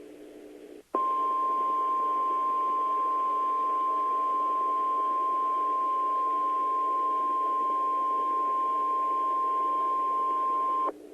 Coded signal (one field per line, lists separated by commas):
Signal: Emergency Alert System (SAME) tones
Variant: 1050 Hz attention tone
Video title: An EAS timeline of the 5/24/11 Oklahoma City tornado